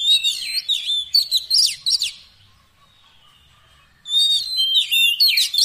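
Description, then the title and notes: Oriental magpie-robin song: rapid bursts of varied high whistles and chirps, a two-second pause, then the busy phrases start again. Long-duration fill-in (isian) song meant to make a magpie-robin sing actively day and night. "Kacer Jadi Gacor Siang Malam. Isian Kacer Durasi Panjang"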